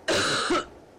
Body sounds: coughing mixed with background sound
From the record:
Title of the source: female coughing - coughing sound effects girl

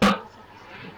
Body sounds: coughing mixed with background sound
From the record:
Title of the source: Barking cough - # 10

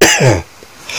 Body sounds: coughing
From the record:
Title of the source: Dry Afternoon Cough

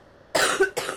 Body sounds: coughing mixed with background sound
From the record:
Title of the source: 34 coughing up crap again

